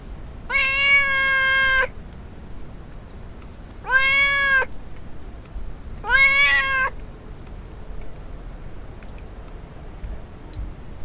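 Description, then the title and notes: Domestic cat meowing: three drawn-out meows, the first the longest, with short pauses between, then quiet background with faint clicks. A little cat meowing, field recording in the village of Alvoco das Várzeas, Oliveira do Hospital, Portugal. "gato do braçal. gravacao de campo na aldeia de alvoco das varzeas, oliveira do hospital o miar de um gato no bracal field recordings in alvoco das varzeas, portugal the sound of a little cat"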